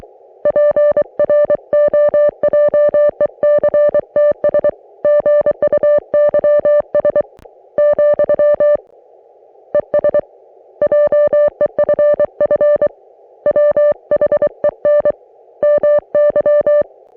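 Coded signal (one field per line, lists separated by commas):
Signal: Morse code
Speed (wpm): 23 wpm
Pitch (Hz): 590 Hz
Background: music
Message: PROJECTS GUYS , ES JEFF WHEN MY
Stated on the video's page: On-the-air CW practice received on an Icom IC-718, including a station on a new 80m antenna and code messages from a Sunday morning group.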